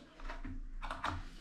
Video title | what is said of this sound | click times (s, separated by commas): European Closet installation - European Closet fitting tutorial Malayalam | seat lock ആയിട്ടുണ്ട് അടുത്തത് | 0.9 s, 1.1 s